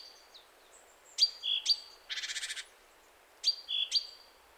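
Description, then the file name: Great tit calls, high sharp notes, then a rapid buzzy churr of about six pulses, then the high notes again. "Parus major"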